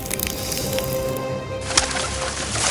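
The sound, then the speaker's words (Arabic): Birds in a palace chirping in a dense, busy chorus over a steady, noisy wash of sound that grows brighter and fuller partway through, with no voices. “والقصر بأكمله سيحترق، ولتعد الطيور الميتة في القصر للحياة.”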